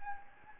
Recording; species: mosquito wingbeat signal from an infrared sensor; Anopheles gambiae